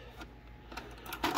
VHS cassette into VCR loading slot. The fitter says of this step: all right pops right in goes right on to play the movie